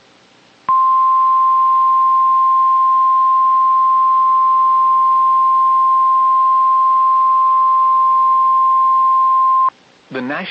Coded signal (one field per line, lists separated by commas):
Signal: Emergency Alert System (SAME) tones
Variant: 1050 Hz attention tone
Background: speech